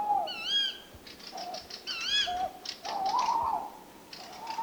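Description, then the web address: Tawny owl calls, several short tonal notes and a longer wavering note, mixed with rapid clicking and rustling sounds. "STRIX ALUCO. eurasian tawny wood owl"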